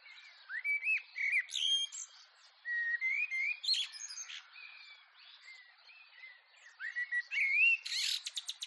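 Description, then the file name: Common Blackbird singing mellow whistled phrases that rise and fall, broken by squeaky high notes, with several other birds twittering in the background. Garden at dawn; other birds singing in the background. "skyclad sound blackbird"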